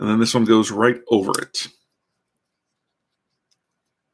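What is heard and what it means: Someone talks for under two seconds while a plastic cover piece from a 1/144 MS-06S Zaku II Gundam model kit is handled, about to be pressed over a joint part. The rest is near silence with only a very faint brief tick at 3.5 s, and nothing has seated or clicked yet.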